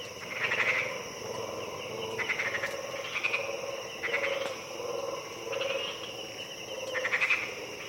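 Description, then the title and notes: Frogs giving several short ticking, chirpy bursts over a dense insect chorus. Frogs punctuating a lush insect chorus early at dawn, deep in the Harenna Forest. "Harenna Forest - Dawn - Colobus Monkeys And Frogs. Early at dawn, deep in the Harenna Forest. Colobus monkeys wake up and utter their terrifying territorial calls with a lush insect chorus background punctuated by frogs. African Cloud Forest"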